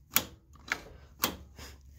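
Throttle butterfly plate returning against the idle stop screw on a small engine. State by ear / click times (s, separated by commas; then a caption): seated / 0.2 s, 0.7 s, 1.2 s. The spring-loaded throttle butterfly plate on a small lawnmower engine is opened and released three times. Each time it snaps back against the metal idle stop screw with a sharp little click at 0.2, 0.7 and 1.2 seconds. Each click confirms the plate has returned home to idle.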